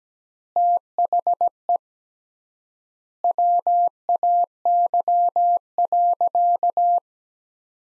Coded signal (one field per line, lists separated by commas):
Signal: Morse code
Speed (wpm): 17 wpm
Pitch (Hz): 700 Hz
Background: none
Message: THE WAY.